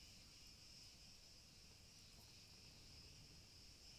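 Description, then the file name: Cicada buzzing as a continuous high hiss, even in tone throughout, over a low rumbling background noise. Cicadas in olive trees, Sarakina Gorge, recorded 30 June 2023. "2023 06 30 Oliven Zikaden Sarakina Gorge"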